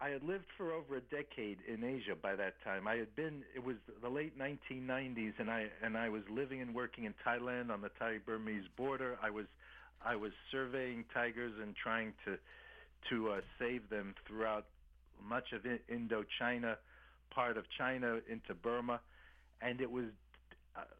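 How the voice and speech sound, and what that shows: An adult man who has stuttered since childhood speaks mostly fluently using a learned fluency-control technique. Small stuttering still comes through: brief phrase and word repeats and stretched sounds, a mild stutter.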